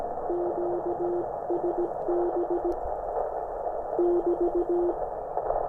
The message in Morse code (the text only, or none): QSB <BT>